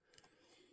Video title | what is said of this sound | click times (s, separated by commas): STIHL 026 TOP END INSTALL | okay I heard it click into place and I take this | 0.2 s